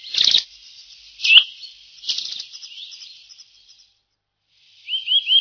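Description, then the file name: Eurasian nuthatch calls: a few sharp notes early on, then quiet, ending with three quick arched, whistled notes in a row. "boomklever"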